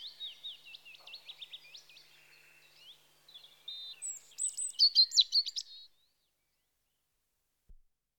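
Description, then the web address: European robin song: a rapid series of thin, wavering high notes followed by a louder, very high twittering flourish, then silence apart from a faint click. Recorded in spring. "The BBC Sound Effects Library. Robin (Erithacus Rubecula) Spring"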